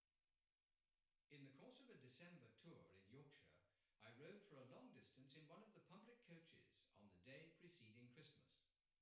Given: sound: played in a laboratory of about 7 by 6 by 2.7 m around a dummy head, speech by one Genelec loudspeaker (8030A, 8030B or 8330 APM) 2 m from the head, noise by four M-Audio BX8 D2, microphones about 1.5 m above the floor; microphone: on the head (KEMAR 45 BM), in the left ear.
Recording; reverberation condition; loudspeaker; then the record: male speech in English; medium; 30 degrees to the right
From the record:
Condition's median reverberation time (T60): about 510 ms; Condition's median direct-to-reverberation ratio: about -0.5 dB